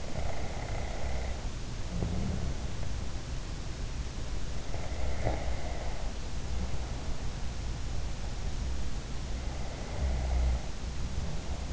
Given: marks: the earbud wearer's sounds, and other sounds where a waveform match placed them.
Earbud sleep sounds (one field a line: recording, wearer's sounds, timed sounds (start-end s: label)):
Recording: sounds in sleep by an in-ear microphone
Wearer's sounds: snoring breath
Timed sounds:
0.00-2.58 s: snoring breath
4.91-7.38 s: snoring breath
9.65-11.73 s: snoring breath